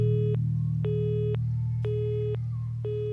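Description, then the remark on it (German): A telephone line tone from a phone that seems to be broken beeps four times in an even on-off rhythm, each steady mid-pitched tone lasting about half a second, over a constant low hum. “Aber mein Telefon schien kaputt zu sein.”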